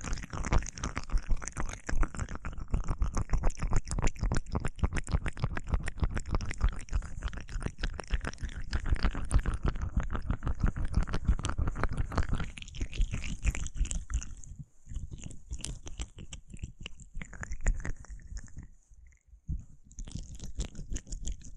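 Wet, squishy aloe gel massage sounds, a dense run of rapid crackling and sticky squelches packed tightly for the first twelve seconds. After that the rubbing loosens and turns quieter and more broken, with brief pauses near fifteen and nineteen seconds.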